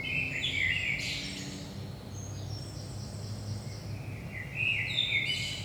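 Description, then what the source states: Common blackbird singing two phrases of melodious low whistles capped by squeaky high notes, with faint thin notes between them and a continuous low rumble underneath. Saint-Gilles, Belgium; about 5 am, early morning; recorded with DPA 4060 microphones in AB stereo into a Zoom F3.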